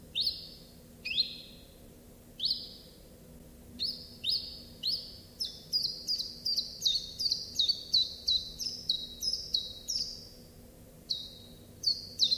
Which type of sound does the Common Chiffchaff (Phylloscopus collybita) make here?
song